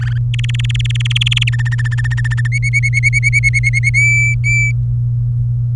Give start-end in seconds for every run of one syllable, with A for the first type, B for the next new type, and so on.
0.01-0.18 A, 0.34-1.49 B, 1.52-2.47 C, 2.52-3.90 D, 3.94-4.71 E